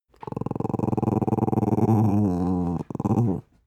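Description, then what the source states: Dog growling low and rumbling, a rapid pulsing throaty growl held about two and a half seconds, a brief pause, then a short final growl. A small dog growling softly.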